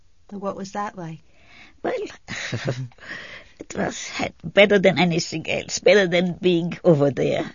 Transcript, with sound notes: What was that like?
Well, (laughs) it was better than anything else; better than being over there.